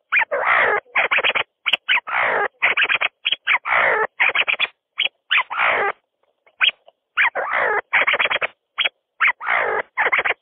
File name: See See partridge sound